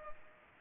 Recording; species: mosquito wingbeat signal from an infrared sensor; Culex pipiens